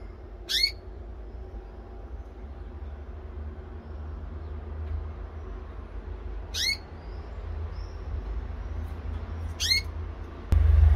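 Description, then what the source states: Canary call notes: brief rising chirps, three in all and unevenly spaced, with a constant low hum and a thump at the end. Female bird.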